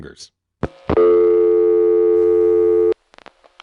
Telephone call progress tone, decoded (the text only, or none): dial tone